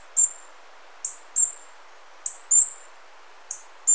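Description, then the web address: Tawny-bellied hermit giving sharp, very high-pitched squeaks, single or paired, spaced roughly a second apart against a quiet background. Ecuador. "Birds of Ecuador. Tawny-bellied Hermit"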